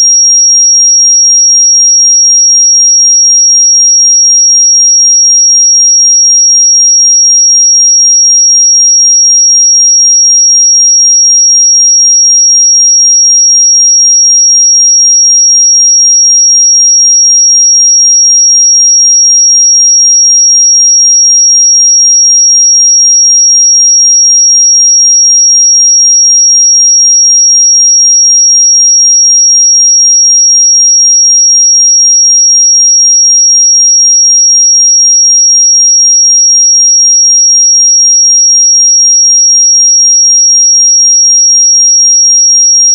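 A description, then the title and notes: A pure sine tone holds at 5626 Hz, thin and piercingly high, with no other sound beneath it. Its pitch and loudness stay perfectly constant from start to finish, with no breaks, wavering or fading across the whole stretch. 5626 Hz 1 Hz Interval Sine Pure Tone Frequency 441000 Sample Mono.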